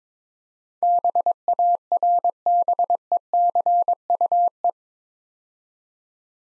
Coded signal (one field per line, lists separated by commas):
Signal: Morse code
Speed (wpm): 24 wpm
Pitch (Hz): 700 Hz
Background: none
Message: BARBECUE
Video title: Easy Words - Speed-Racing with Hints - 22wpm